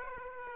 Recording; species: mosquito wingbeat signal from an infrared sensor; Aedes aegypti